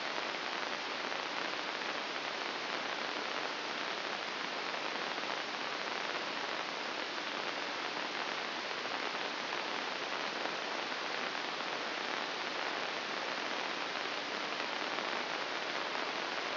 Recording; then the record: brain microelectrode recording played as sound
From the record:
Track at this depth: inside the subthalamic nucleus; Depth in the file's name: 2.205 mm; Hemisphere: right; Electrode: 2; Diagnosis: Parkinson's disease